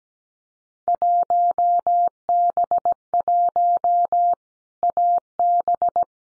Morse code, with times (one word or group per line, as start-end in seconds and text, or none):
0.9-4.3 1B1
4.8-6.0 AB